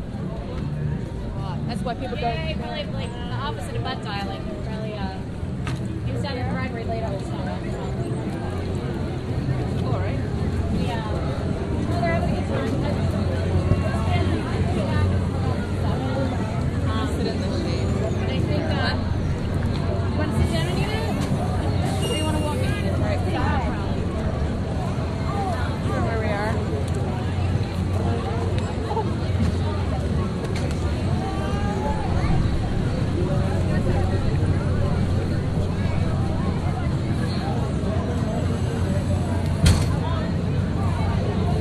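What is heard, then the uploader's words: A crowd at the New Jersey State Fair, with many overlapping voices forming a steady babble throughout. A constant low engine-like rumble runs underneath, and occasional brief clatters and louder voices rise out of the mix, one sharp knock near the end. Recordings of the 2009 New Jersey State Fair made by Dan Bodah at the Sussex Co. Sussex Co. Fairgrounds, Frankfort, NJ.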